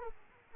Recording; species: mosquito wingbeat signal from an infrared sensor; Aedes aegypti